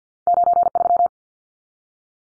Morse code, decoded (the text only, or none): 93